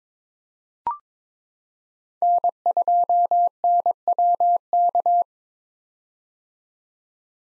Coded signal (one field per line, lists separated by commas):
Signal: Morse code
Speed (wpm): 21 wpm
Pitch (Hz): 700 Hz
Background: none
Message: N2NWK